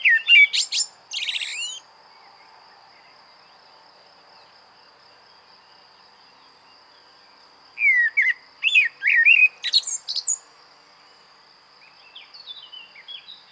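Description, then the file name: Common blackbird song: a squeaky twitter, a long pause, then a fluted warbled phrase ending in shrill squeaks, and soft warbling near the end. A constant high whine is present. "Turdus merula"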